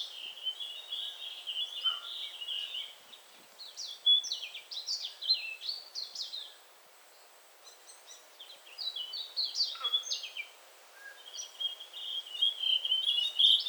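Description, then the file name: Blue-and-white flycatcher singing bursts of high chirping, whistled notes separated by quiet gaps. "sikatan bakung"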